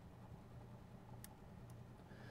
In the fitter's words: not sure if you can hear that but it clicked and now it's in there